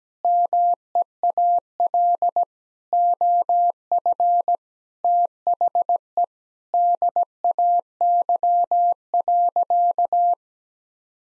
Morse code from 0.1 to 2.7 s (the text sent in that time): MEAL